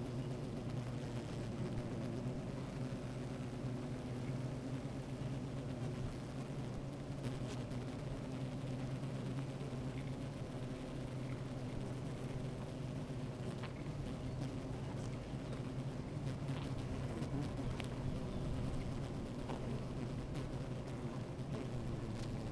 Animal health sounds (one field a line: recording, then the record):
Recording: honeybee colony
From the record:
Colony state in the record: active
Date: 28 July 2017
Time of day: 13:09